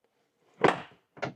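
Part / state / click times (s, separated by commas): cabinet mounting hinge into L-track wall panel locking mechanism / not seated / none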